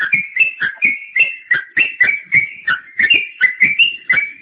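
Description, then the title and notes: Bird giving a rapid, rhythmic series of repeated whistled notes. "Bird Sound. Kicau Burung Lengkap"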